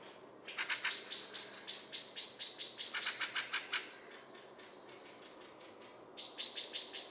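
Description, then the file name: Eurasian blackbird giving sharp clicking chink calls in a rapid run, a quieter stretch, then a short renewed burst near the end. "Turdus merula"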